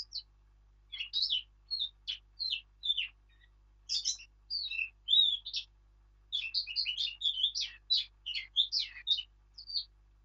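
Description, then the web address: Eurasian blackcap singing a varied warble of quick chattering and fluty notes, phrases broken by brief pauses, ending in a rich flourish. "birdsong Sylvia atricapilla"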